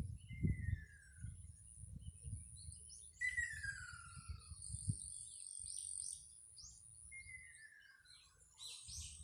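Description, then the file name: Ruddy kingfisher giving falling, slightly trilled whistles, three calls spread throughout, over low rumbling noise, a steady high insect whine and faint twitters from other birds. Two birds calling. "アカショウビン２匹の鳴き声"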